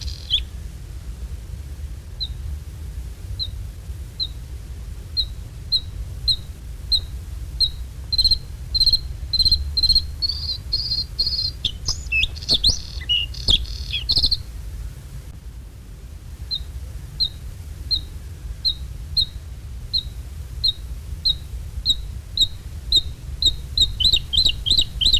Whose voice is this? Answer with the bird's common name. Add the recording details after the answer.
Bluethroat. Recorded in the wild. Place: Neustadt am Rübenberge, Niedersachsen, DE. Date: 1967-05-27. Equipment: Halbspur, 9,5 cm/s. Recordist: Lütgens, Hans. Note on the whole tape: Totes Moor: Gesang